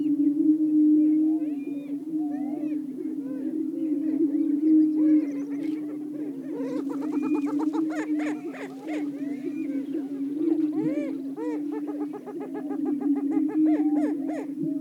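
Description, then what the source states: Greater prairie-chickens boom and whoop at first, then break into rapid cackling bursts repeated over the drone in the second half. Several greater prairie-chickens calling.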